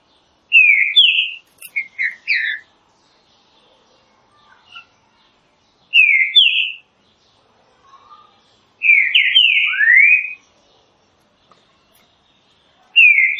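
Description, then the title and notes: Green-winged saltator gives separate loud whistled phrases of two to four notes, a few seconds apart, with quiet pauses between. Classic song style (canto clássico) of the green-winged saltator, offered as training material. "Canto Clássico Trinca Ferro TREINAMENTO. trinca fero"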